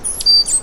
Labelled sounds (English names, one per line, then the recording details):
Stitchbird song
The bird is a male
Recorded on Tiritiri Matangi Island, New Zealand, in 2005
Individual 1, of nest box 1